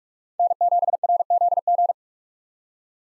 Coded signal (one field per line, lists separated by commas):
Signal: Morse code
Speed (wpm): 44 wpm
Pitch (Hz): 700 Hz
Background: none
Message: N7RZG